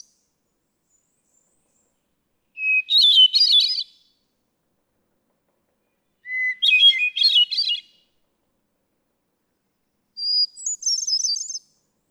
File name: Hermit Thrush